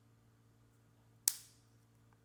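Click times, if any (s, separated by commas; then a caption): 1.3 s. On a THREEZERO Rambo II 1/6 scale action figure, a small plastic accessory piece is pushed home onto the figure's belt after the belt is threaded through it. One sharp, loud click at 1.3 s with a short bright decay shows the piece snapping into place, followed by a faint tick near 2.3 s over a low steady hum.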